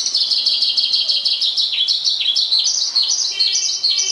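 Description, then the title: Javan bush lark singing a rapid series of high, repeated chirps, some notes dipping downward. "Suara Burung Branjangan"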